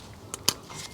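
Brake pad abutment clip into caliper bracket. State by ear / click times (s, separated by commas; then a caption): seated / 0.5 s. A new steel brake pad abutment clip is pressed by hand into the cleaned caliper bracket of a 2009–2014 Acura TL during a rear brake pad and rotor replacement. A faint tick at 0.3 s is followed by a sharp, bright metallic snap at 0.5 s, then only a low background hiss. The clip snaps and seats into place at 0.5 s.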